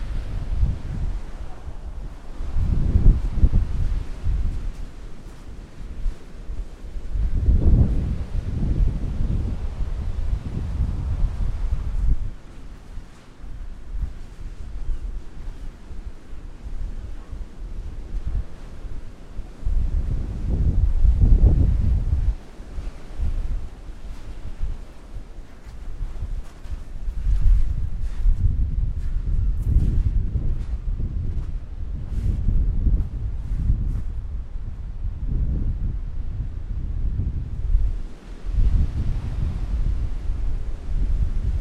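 Wind gusts buffet the microphone on a beach walk, a constant low rumble that surges in heavy bursts around 3, 8, 21 and 35 seconds. Between gusts a thinner hiss carries on, with faint crackling ticks scattered through the middle and later parts.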